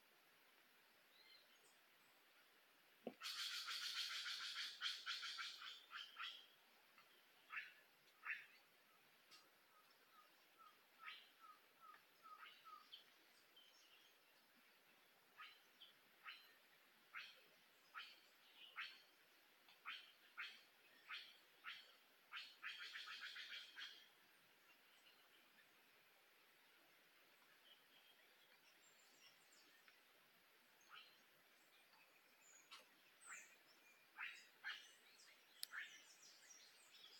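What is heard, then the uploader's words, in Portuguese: Tropical forest ambience with a dense scatter of short, bright chirps and clicks from birds or frogs, some in quick rattling series. A loud buzzing burst opens near three seconds and another dense patch comes around twenty-three seconds, over a quiet, steady hiss. Mata Atlântica Floresta tropical/Tropical forest/Forêt tropicale.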